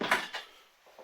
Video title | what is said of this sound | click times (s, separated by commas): Milwaukee MSUV 2.8M Miter Saw Stand WooooW | and you hear the click | 0.1 s